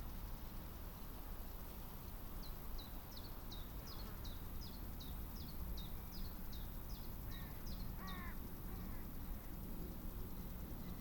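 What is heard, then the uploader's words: A summer meadow at a woodland edge, under a steady hiss and low rumble. A bird repeats a quick, bright chirp at an even pace from about two to eight seconds, and a few lower, rougher calls, possibly a crow, break in near the eighth second. Summer meadow woodland edge. We travelled into Hertfordshire (by train and on foot of course) to take this sound photograph from as near as possible to the Clinton Baker Pinetum one lunchtime last week.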